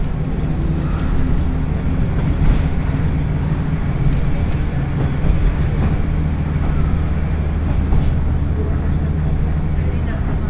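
A train runs on the Yodo Line between Uwajima and Chikanaga, with a steady, heavy low rumble and droning hum that holds at an even level throughout. A fainter rattling texture sits above it, with brief clicks or knocks near 2.5 and 8 seconds.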